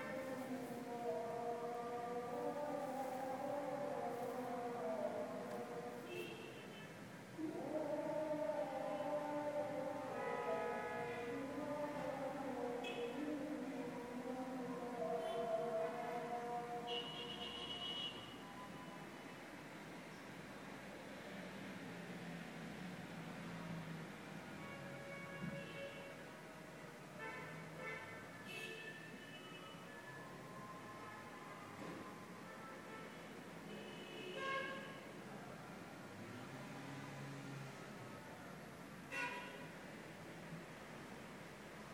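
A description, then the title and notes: Street noise drifts up to a Cairo hotel room, with steady traffic, repeated wavering car horns and a siren-like tone throughout. Sounds from a Cairo hotel room at Cairo palace hotel on Friday afternoon.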